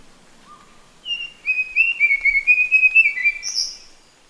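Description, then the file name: Verditer flycatcher song: a soft low whistle, then a rapid wavering warbled phrase ending in a sharp high squeaky note. "sikatan biru muda"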